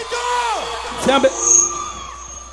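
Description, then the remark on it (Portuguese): A crowd at a live funk show in Outeiro, Pará, Brazil, shouts and whoops in a sustained roar, one voice sliding down in pitch, a louder burst of yells midway, and a thin high whistle-like tone holding through the second half. “Quem gosta de funk aí, dá um grito.”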